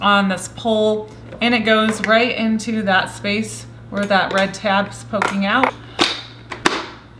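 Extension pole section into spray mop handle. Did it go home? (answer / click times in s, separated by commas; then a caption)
yes / 6.7 s. Someone talks while pushing a plastic extension pole section into the handle of an O-Cedar ProMist Max spray mop, lining the pole's arrow up with the red tab. A few light knocks come just before a sharp click at 6.7 s, when the pole section locks into place with the arrow seated in the divot.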